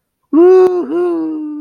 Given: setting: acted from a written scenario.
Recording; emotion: vocal sound without words; triumph